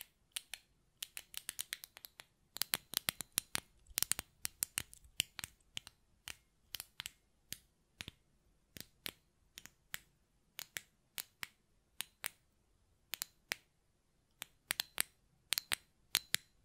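Sharp button clicks and taps sound in an irregular stream, some in quick clusters and others spaced apart, with a dense flurry between about two and five seconds. Each click is crisp and bright, stopping instantly, and near silence fills the gaps.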